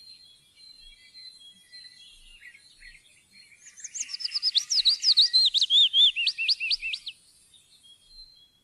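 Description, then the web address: Willow warbler song: a soft, sweet descending phrase of clear whistled notes lasting about three seconds, ending in a few lower, slurred notes; faint other birds before it. "fuglelyder-1 loevsanger"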